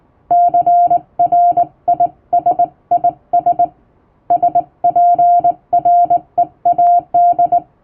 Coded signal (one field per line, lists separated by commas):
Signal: Morse code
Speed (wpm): 20 wpm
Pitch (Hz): 700 Hz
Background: music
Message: CRISIS SPREAD